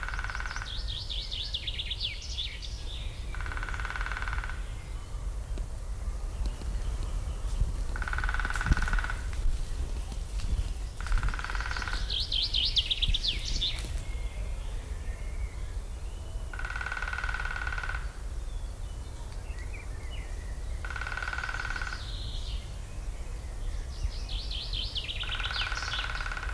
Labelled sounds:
Common Chaffinch (Fringilla coelebs)

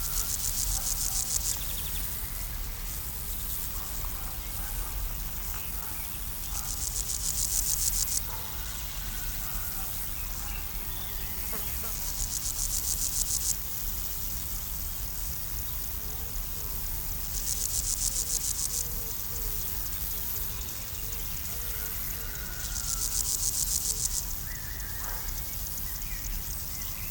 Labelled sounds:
Upland Field Grasshopper (Chorthippus apricarius) stridulation

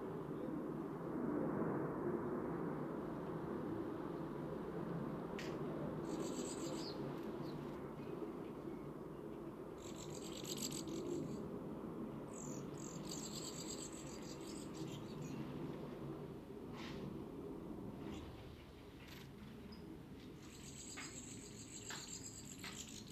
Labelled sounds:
Great Tit (Parus major) begging call

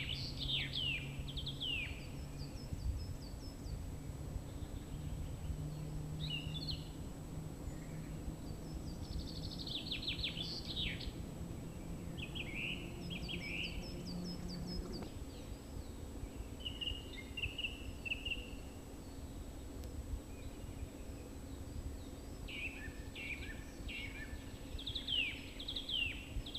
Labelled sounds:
Song Thrush (Turdus philomelos) song

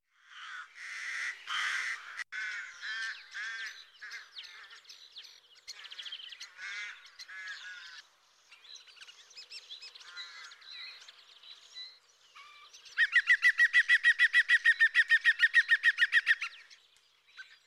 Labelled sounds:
European Green Woodpecker (Picus viridis) song

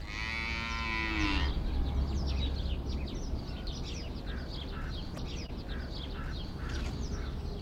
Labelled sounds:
Banteng (Bos javanicus)

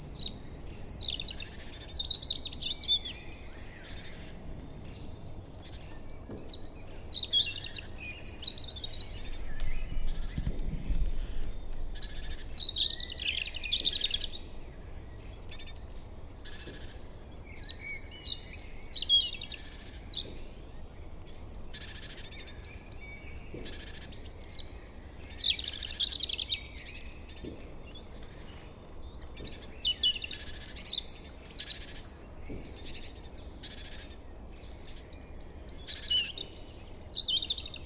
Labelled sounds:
Black Woodpecker (Dryocopus martius) flight call

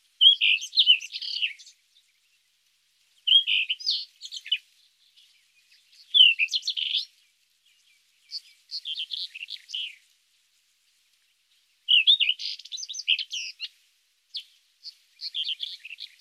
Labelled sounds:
Rufous-tailed Scrub Robin (Erythropygia galactotes) song

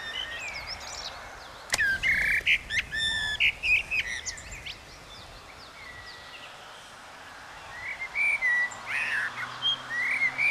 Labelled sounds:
Common Blackbird (Turdus merula) song

